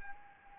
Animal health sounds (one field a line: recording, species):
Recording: mosquito wingbeat signal from an infrared sensor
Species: Anopheles gambiae